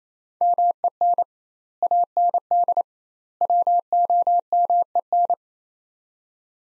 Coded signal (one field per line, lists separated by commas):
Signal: Morse code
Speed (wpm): 27 wpm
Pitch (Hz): 700 Hz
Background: none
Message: MEN AND WOMEN